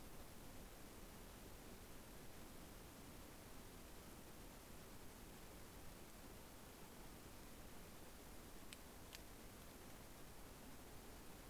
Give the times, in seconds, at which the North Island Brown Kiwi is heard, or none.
none